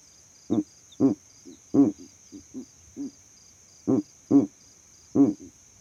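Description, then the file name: Owl hooting in brief low gruff notes, loud ones in pairs mixed with softer quick notes between, a faint steady high whine throughout. Owl calls at night. "Elijah Wagner - Calming Owl Calls at Night"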